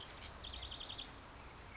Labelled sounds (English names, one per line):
House Wren